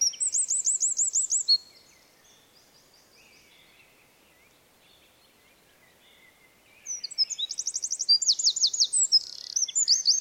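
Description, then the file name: Eurasian wren song: a loud, high, rapid trilling burst for about a second and a half, a quiet pause of several seconds, then another fast, jumbled trilled phrase. "Troglodytes troglodytes"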